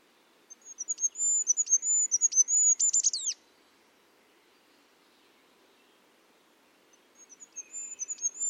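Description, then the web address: Bird singing a rapid high-pitched phrase of clipped notes that ends in falling sweeps, followed by a long pause and a new phrase starting. "cianscape. Deverinetal 2025. Bird Only"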